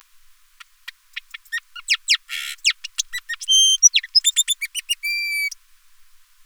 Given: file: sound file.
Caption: Solitary song of a male blue-capped cordon-bleu.